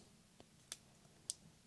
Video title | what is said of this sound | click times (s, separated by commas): Fitbit Versa 3 Unboxing (Soft Gold / Midnight Blue) | Yep, and then there's a little click here. | 1.3 s